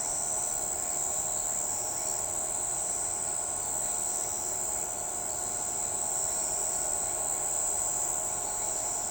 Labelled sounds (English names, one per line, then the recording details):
none
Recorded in shrubland near Pivijay, Magdalena, Colombia, on 15 April 2023 at 04:00
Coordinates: 10.453, -74.365
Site P5-G022